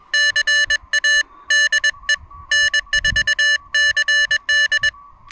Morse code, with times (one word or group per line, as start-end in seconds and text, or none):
0.1-1.2 CA
1.5-2.1 DE
2.5-4.9 N4CD